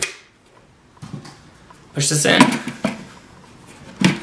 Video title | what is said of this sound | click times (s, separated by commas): Extensively learn about a Dyson: DC23 vs DC39 & Dyson maintenance & Dyson tool comparison | flex a little bit be wait for the click push | 0.0 s